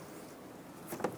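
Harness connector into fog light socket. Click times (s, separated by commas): 1.0 s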